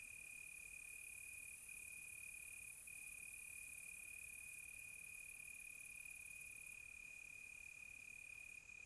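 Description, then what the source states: Crickets producing an almost unbroken high-pitched trill, with a dense shimmering insect chorus higher still. Quiet tropical night, close.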